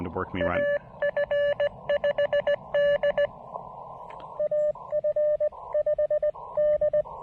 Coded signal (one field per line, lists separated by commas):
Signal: Morse code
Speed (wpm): 19 wpm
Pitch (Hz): 590 Hz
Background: speech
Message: AF5D AF5D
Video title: Super Low Power POTA, Rough Propagation, and Testing my new Begali Adventure Paddle!